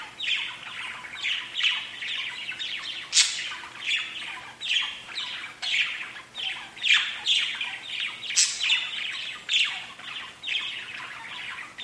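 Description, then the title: Budgerigar chatter, a busy run of raspy chirps with a few sharp high squeaks mixed in. "Budgie Sounds"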